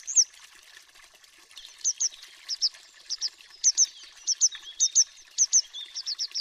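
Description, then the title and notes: Grey Wagtail giving a single high note, a pause, then sharp, high double notes repeated in quick succession, ending in a short run of notes. High metallic two-syllable call; song a short series of sharp notes sung by the male in flight; breeds along fast mountain streams, winters in towns; nests in rock crevices, banks, under bridges, drains. "Triluri Urbane. Codobatura de munte. Orașul Vorbește. Societatea Ornitologica Română"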